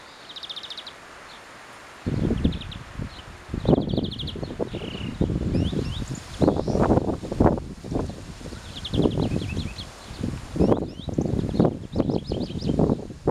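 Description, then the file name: European greenfinch trilled calls, several brief rattling bursts, largely masked by loud crunching and rustling sounds after a quiet start. "Chloris chloris"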